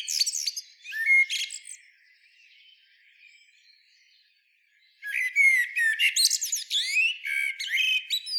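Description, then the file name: Common blackbird song: high twittering, a quiet warbled stretch, then a loud run of sweeping squeaky notes and whistles. "Turdus merula"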